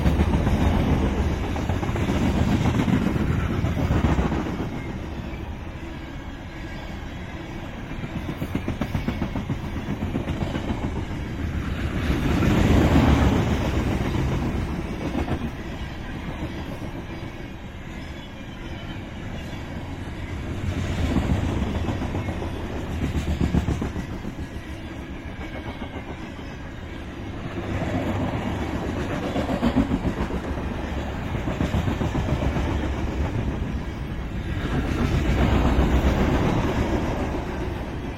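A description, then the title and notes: A freight train rolls past, a dense, steady low rumble of wheels on rails with a faint clickety-clack throughout. The roar swells every eight seconds or so as cars pass, and never fades out over the whole stretch. BNSF Freight Train pass. A major BNSF line runs along the Columbia River Gorge that forms the border between Washington and Oregon states. I had also just acquired my first 32-bit recorder. These trains are long, and heavy, often requiring 2-4 engines to pull and another 1-3 to push.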